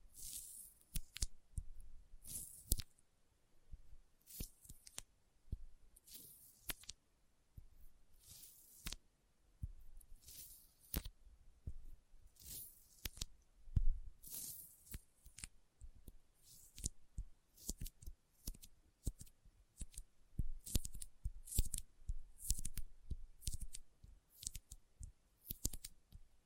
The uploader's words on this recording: ASMR Intense Sticky Finger Sounds (No Talking).